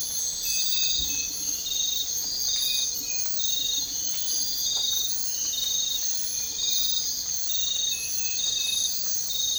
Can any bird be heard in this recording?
no